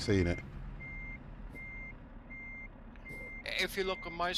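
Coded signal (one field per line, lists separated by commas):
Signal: none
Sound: truck reversing beeps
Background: speech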